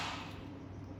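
During a rebuild of a Bosch CIS Jetronic fuel distributor for Mercedes and other cars, a small internal part is being handled and pressed toward its seat in the distributor body. A soft rush of broadband noise fades over the first few tenths of a second into a steady low hum with no sharp transients. Nothing has seated or clicked yet.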